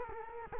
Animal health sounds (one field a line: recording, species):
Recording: mosquito wingbeat signal from an infrared sensor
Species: Culex quinquefasciatus